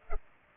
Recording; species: mosquito wingbeat signal from an infrared sensor; Culex pipiens